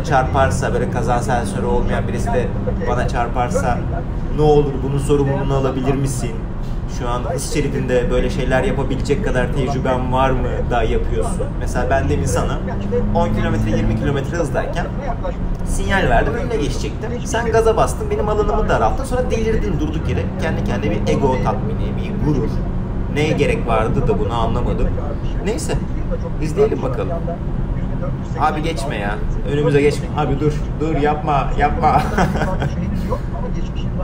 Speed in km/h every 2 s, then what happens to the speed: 103, 104, 99, 94, 93, 93, 96, 97, 97, 98, 101, 105, 105, 102, 96, 93, 93.
0-10 slows to 93. 10-24 speeds up to 105. 24-34 slows to 93.